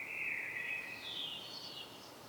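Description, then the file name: Common blackbird song: a fluty phrase falling slightly in pitch, then rising into a thin, high squeaky twitter that fades. "Turdus merula"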